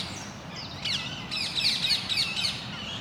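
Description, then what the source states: Parakeets giving rapid, harsh, high screeching calls in quick overlapping bursts, with a steady low rumble of background noise. Parakeets in Parc Duden, Forest, Brussels, Belgium, just before nightfall; recorded with Zoom MicTrak M4 internal XY microphones.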